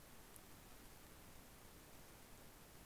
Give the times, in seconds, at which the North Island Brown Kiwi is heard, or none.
none